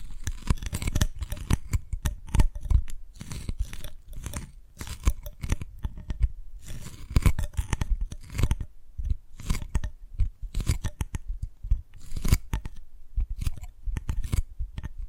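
Rapid tapping and crisp cracking of dalgona candy, dense irregular clicks with brief pauses, strong low thumps under bright snapping edges throughout.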